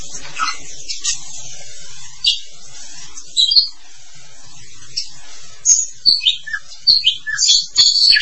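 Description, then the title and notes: Starling song of scattered sharp chirps and high whistled notes, becoming busier in the last three seconds with rapid squeaky phrases. "suara burung jalak"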